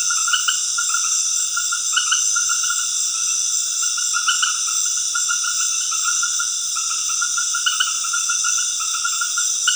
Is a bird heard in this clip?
no